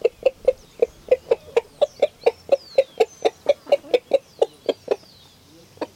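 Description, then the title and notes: Chicken clucking steadily, loud sharp clucks repeated about four times a second, with faint high bird calls behind. Several chickens recorded in Vereda Potrerito, eastern Antioquia, around midday. "Gallinas Vereda Potrerito. Vereda al oriente antioqueño potrerito, mas o menos 12 del dia"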